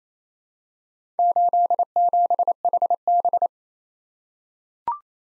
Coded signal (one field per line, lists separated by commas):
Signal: Morse code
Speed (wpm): 28 wpm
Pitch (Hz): 700 Hz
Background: none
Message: 87HB